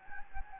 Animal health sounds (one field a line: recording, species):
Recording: mosquito wingbeat signal from an infrared sensor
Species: Anopheles gambiae